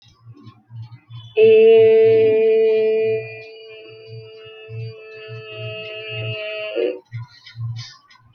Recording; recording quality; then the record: sustained vowel as in made; moderate, slight background noise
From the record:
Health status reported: healthy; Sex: female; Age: 24 years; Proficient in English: yes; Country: India